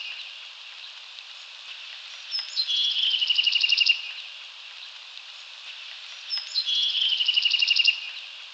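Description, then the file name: Bewick's wren singing two songs, each a short buzzy introductory note followed by a fast, bright trill of repeated notes, over steady background hiss. Recorded at Hyde Park on 20 February 2019 at 07:21 in the morning. "Hydep BEWR 02202019 0721"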